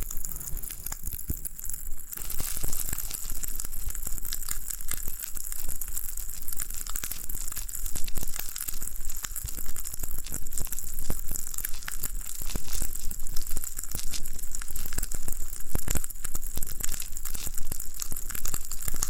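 Floral foam being pressed and crushed, giving a dense, continuous stream of tiny crackles, crunches and crumbling snaps for the whole stretch. The texture stays steady and bright, with a hiss on top, sharper pops scattered throughout, and a faint low rumble underneath.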